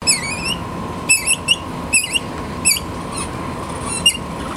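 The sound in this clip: Capybara squeaky calls: short, high, harmonic chirps with a wavering pitch, given in small bursts about once a second over a steady hum.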